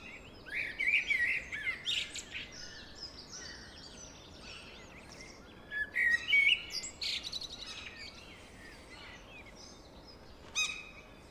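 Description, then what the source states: Blackbird song: a lively warbled phrase with high squeaks, a second phrase after a pause, and a brief sharp note near the end. Singing in deep forest.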